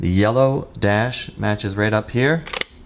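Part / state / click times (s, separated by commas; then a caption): back door of an instant film camera closing over the film cartridge / not seated / none. Someone talks while handling an instant film camera, having dropped the film cartridge in and lined up the yellow mark before the plastic back door is closed over it. A brief broadband burst sounds near the end, but the back door has not yet latched shut and nothing has seated or clicked yet.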